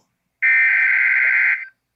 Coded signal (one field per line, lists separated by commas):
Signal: Emergency Alert System (SAME) tones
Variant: header bursts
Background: speech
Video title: NEW UPCOMING VIDEO SERIES... | EAS Alerts from 12/25/19 - 4/22/20 (EAS #1-9)